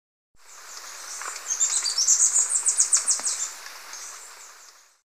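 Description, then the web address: Violet-tailed sylph giving a quick run of high, buzzy chips that grows louder and then fades. Recorded in Ecuador. "Birds of Ecuador. Violet-tailed Sylph"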